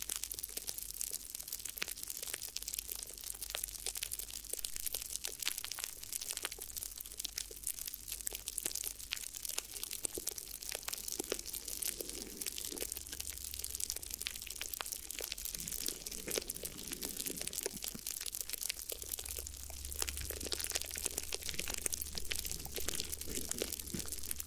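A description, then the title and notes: Crinkly ear massage sounds: dense, crisp crinkling and crunching that runs without pause for the whole clip, bright and full of quick sharp crackles. A low steady rumble sits underneath, growing a bit heavier in places, with soft rubbing swells midway. ASMR Addictive Crinkly Ear Massage (No Talking).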